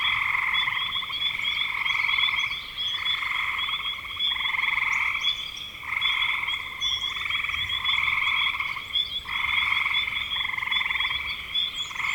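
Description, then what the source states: Frogs trilling together, rapid pulsed croaks in repeated bursts of about one to two seconds, nearly continuous, with a high steady whine in the background. Recorded in spring 2025.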